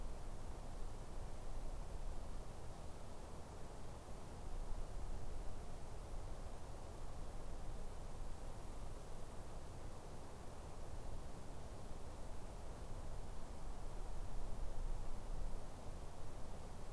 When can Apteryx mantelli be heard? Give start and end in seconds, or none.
none